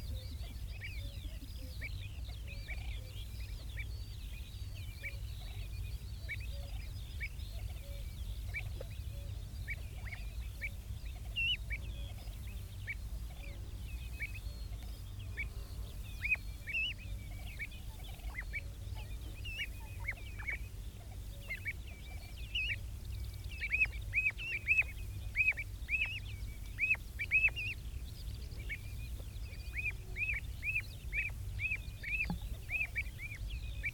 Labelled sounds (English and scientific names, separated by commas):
Common Ringed Plover (Charadrius hiaticula) call